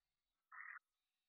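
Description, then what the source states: Red-eyed tree frog giving a single short, clucking note, about a quarter second long, in otherwise quiet surroundings. Type 2 call.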